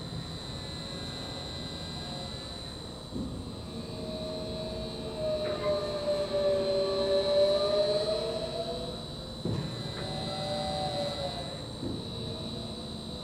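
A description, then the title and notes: An oil pumpjack runs with a steady low mechanical drone and a constant high whine above it. Slow gliding squeals rise and fall as the beam cycles, peaking around the middle, with soft knocks near three and nine and a half seconds. Sounds of an oil pumpjack, located a few miles east of Williston, North Dakota.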